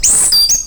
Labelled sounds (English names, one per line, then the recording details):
Stitchbird song
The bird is a male
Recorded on Tiritiri Matangi Island, New Zealand, in 2005
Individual 3, of nest box 3